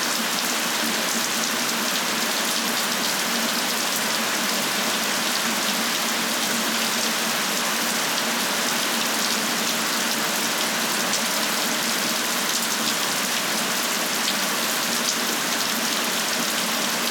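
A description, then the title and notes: A steady, dense rainstorm hisses evenly throughout, bright, with a faint low hum underneath like an engine. Rainstorm in Pawlet, VT. A rainstorm in the small town of Pawlet Vermont.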